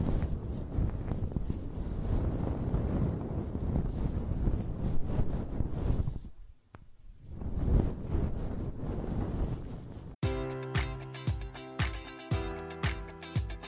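Close, dense scratching and rubbing of hair against the microphone fills the first ten seconds in uneven, rustling strokes, easing briefly near the middle. Then it cuts off abruptly to a bright, steady pattern of pitched tones pulsing at a quick, regular beat.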